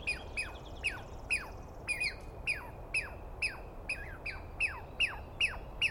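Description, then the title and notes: Douglas squirrel calling with harsh downslurred squeals, the rhythm somewhat uneven, about thirteen calls with a few quick doubled notes. Recorded at dawn on 21 April 2017 in the East Cascades; a single squirrel screaming at length at the recordist, identified by its sound rather than a clear view. "On the morning of 21 April, 2017, I set up my microphones and recorder for a nice dawn recording in the East Cascades. I was started awake by a screaming Douglas Pine Squirrel"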